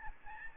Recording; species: mosquito wingbeat signal from an infrared sensor; Aedes albopictus